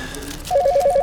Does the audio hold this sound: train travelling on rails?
no